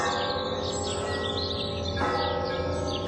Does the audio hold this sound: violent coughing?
no